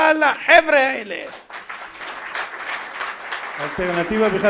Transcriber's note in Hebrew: מחיאות כפים